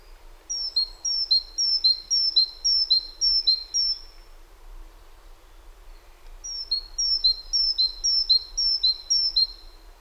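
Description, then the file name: Great tit song: two bouts of several quick two-note phrases, a high note then a lower one, separated by a pause of a few seconds. "Parus major"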